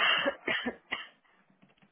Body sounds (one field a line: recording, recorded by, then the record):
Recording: voluntary cough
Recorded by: telephone call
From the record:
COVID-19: negative